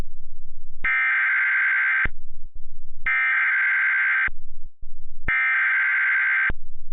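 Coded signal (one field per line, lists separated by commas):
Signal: Emergency Alert System (SAME) tones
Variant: header bursts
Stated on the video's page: Mock EAS flash flood alert for Illinois, built with valid EAS tones.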